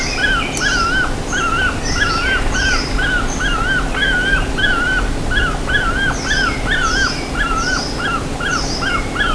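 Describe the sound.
Bird calls: short whistles with dipping ends, repeated densely, with high thin chirps and a low constant hum throughout.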